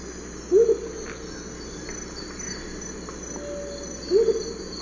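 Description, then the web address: Blue-crowned motmot giving low, soft double hoots, two calls about three and a half seconds apart, over a steady high insect drone. South America, eastern lowlands. "Natures Songs S America Eastern Lowlands Blue-crowned Motmot"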